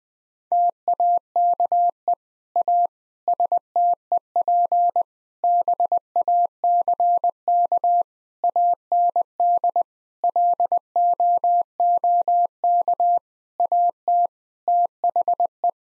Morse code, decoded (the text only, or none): TAKE A STEP BACK AND LOOK AT THE